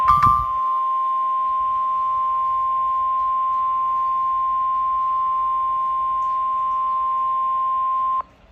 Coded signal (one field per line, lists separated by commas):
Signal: Emergency Alert System (SAME) tones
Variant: 1050 Hz attention tone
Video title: (EAS #417) Severe Thunderstorm Warning for Carroll, Jo Daviess, and Stephenson, Illinois